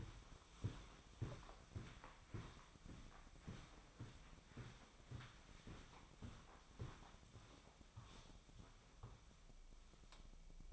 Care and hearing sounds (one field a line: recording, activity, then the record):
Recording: daily activity, microphone in the room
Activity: walk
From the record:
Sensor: 1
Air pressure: 1009.3 hPa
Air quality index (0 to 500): 185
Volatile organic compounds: 4 ppm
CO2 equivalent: 1564 ppm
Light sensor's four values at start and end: 52/142/58/71 and 52/139/57/70